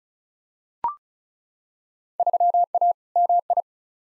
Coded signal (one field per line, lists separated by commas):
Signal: Morse code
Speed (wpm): 36 wpm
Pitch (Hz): 700 Hz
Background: none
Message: 3A MI